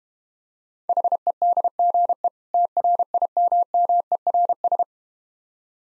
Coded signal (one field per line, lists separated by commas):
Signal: Morse code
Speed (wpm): 31 wpm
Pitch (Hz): 700 Hz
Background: none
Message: HEDGE TRIMMERS